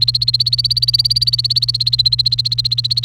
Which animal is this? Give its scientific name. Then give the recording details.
Serinus canaria. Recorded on 29 April 2018 at 16:13. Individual llb3